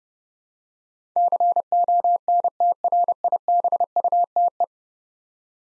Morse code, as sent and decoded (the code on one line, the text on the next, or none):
-.-. --- -. - .-. .. -... ..- - .
CONTRIBUTE